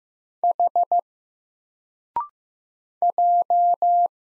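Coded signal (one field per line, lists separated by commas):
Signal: Morse code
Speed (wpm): 15 wpm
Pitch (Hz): 700 Hz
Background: none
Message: H J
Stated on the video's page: Single letters sent at 15 wpm for instant character recognition practice, each letter sent in Morse, then spoken, then sent again.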